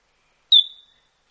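White-throated treecreeper giving a single high, clear whistled note that starts sharply and trails off evenly, with no other sounds.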